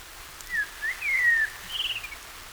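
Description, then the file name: Common blackbird's rich fluted phrase: slurred whistled notes, then a thinner higher twitter to close. "Turdus merula"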